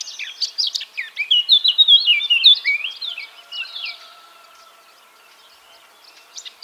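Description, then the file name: Eurasian blackcap giving a quick, varied warble of chirps and twisting whistles for about three seconds, followed by a faint steady hum and a few soft notes. "Sylvia atricapilla"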